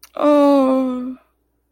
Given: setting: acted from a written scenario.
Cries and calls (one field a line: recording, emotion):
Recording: vocal sound without words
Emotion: sadness